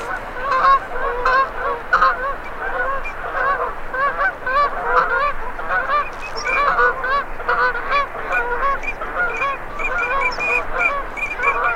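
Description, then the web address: Ducks calling in a dense flock, overlapping nasal, honking calls that chatter on without pause, with scattered higher notes throughout. Male and female migratory ducks. "Male and female migratory ducks. صدای-مرغابی-های-مهاجر-نر-و-ماده"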